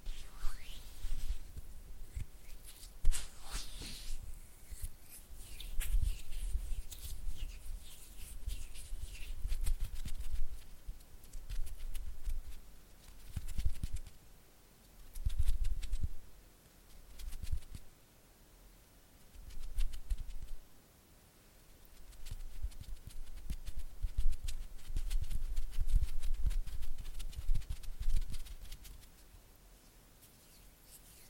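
Wet, slippery hand and finger fluttering sounds with low squelching pulses in uneven bursts, sharper crackly ticks early, pausing briefly between gestures.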